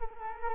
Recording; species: mosquito wingbeat signal from an infrared sensor; Culex quinquefasciatus